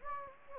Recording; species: mosquito wingbeat signal from an infrared sensor; Anopheles gambiae